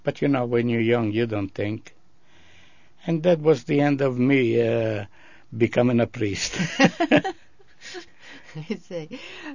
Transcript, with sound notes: But, you know, when you're young you don't think. And that was the end of me becoming a priest. (they laugh)
I see.